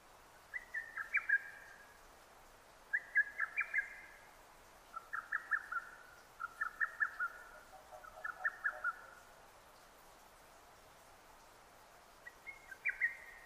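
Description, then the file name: Lesser cuckoo singing clear staccato whistled phrases about every two seconds, then a silence of over three seconds before one last phrase. Recorded 6 June 2009. "hototogisu 20090606"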